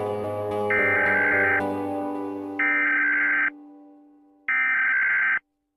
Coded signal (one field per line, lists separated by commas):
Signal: Emergency Alert System (SAME) tones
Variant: header bursts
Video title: EAS Scenario 39: Unlucky 2: Unlucky Serial